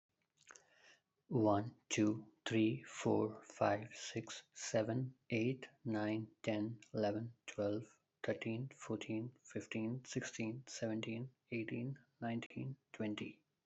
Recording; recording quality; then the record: counting at a normal pace; excellent, no background noise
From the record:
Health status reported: healthy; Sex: male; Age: 27 years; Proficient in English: yes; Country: India